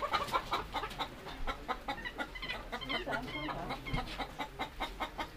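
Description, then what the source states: Chicken: hens clucking in a busy flock, many short overlapping clucks and soft churring notes running continuously. Hens, Campsea.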